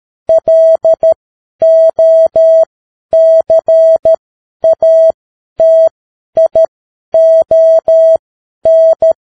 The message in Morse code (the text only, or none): LOCATION